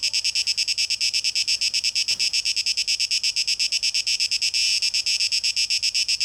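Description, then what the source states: Cicada song: a loud, harsh, high buzz pulsing steadily and rapidly, with no pauses throughout. Cicadas, 12 August 2023, tape echo mix.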